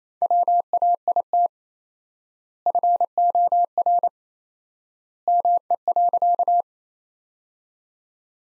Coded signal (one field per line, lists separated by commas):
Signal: Morse code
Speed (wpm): 28 wpm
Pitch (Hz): 700 Hz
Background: none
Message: WAIT FOR ME.